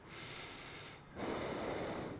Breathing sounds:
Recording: one breath in and out by a microphone near the nose and mouth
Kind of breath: normal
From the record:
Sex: male

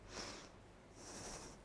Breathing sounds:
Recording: one breath in and out by a microphone near the nose and mouth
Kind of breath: deep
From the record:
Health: marked as sick, illness not named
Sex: female

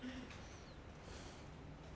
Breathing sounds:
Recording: one breath in and out by a microphone near the nose and mouth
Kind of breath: normal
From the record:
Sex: male

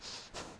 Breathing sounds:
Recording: one breath in and out by a microphone near the nose and mouth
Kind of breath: strong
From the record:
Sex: male

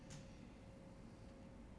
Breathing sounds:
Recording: one breath in and out by a microphone near the nose and mouth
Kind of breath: normal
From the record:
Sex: male

